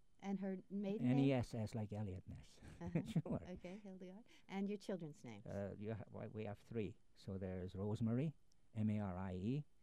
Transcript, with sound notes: And her maiden name?
N-E-S-S, like Elliot Ness. [Laughs] Sure.
Okay, Hildegard. And your children's names?
You ha — Why ,we have three. So there's Rosemarie, M-A-R-I-E.